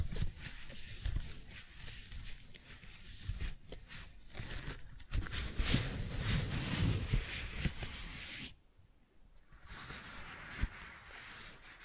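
Soft tingly rustling and rubbing of flowers, a dense crackly hiss with frequent small brushing bursts and low thumps. The handling is busier and louder around the fifth to sixth second, drops to near silence from about 8.5 to 9.5 seconds, then resumes more quietly.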